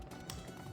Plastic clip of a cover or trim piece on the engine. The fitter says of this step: Now you're just gonna click,